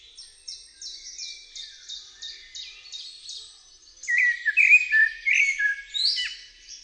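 Bird song: a steady series of short, high notes, about three per second, then louder lower warbled phrases with slurred, rising and falling notes.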